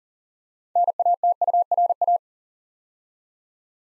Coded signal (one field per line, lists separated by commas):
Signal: Morse code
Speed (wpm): 40 wpm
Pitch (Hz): 700 Hz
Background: none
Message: NATURA